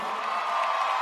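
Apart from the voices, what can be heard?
audience applause and cheering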